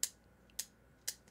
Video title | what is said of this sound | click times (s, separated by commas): Most Versatile Ham Radio Antenna TRIPOD EVER for POTA, SOTA, & Portable Operations. Gabil GRA-ULT01 | and you hear the clicks | 0.0 s, 0.6 s, 1.1 s